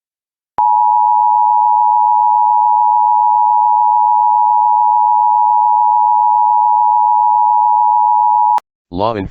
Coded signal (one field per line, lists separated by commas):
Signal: Emergency Alert System (SAME) tones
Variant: 853 and 960 Hz attention tone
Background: speech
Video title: EAS Law Enforcement Warning Nashville Area, Tennessee for Police Manhunt (Rutherford County)